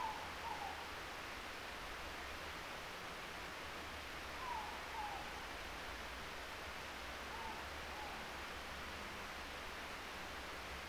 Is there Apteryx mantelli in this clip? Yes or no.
no